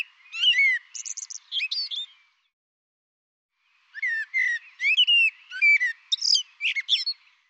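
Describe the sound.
Bird song: rapid jumbled phrases of twittering, whistled and buzzy notes, two bursts of about two and four seconds separated by silence.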